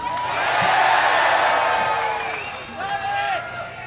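A big concert crowd in Fuji cheers in a steady, loud roar, with shrill whoops and whistles rising above the noise in the final second or so.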